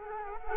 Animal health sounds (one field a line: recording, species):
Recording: mosquito wingbeat signal from an infrared sensor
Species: Culex quinquefasciatus